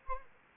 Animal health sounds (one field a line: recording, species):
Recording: mosquito wingbeat signal from an infrared sensor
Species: Anopheles arabiensis